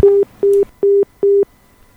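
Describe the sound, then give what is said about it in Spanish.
A telephone busy tone after a WhatsApp call cuts off: four steady, mid-pitched beeps in an even on-off rhythm, each about a quarter second long, loud and clear with no voices. “Lamentablemente se nos cortó la comunicación allí”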